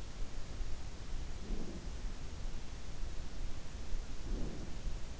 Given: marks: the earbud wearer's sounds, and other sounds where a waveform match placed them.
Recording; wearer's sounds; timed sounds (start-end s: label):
sounds in sleep by an in-ear microphone; breath
1.24-2.08 s: breath
4.13-4.77 s: breath